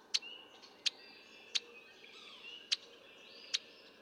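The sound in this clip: Red-winged blackbird repeating hard, clicking check notes five times in quick succession, with whistled notes from other birds in the background.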